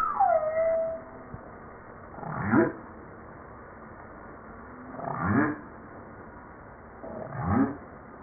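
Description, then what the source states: Humpback whale song: a brief falling whistle, then three low rising upsweeps repeated roughly every two and a half seconds. Recorded 5 March 1994.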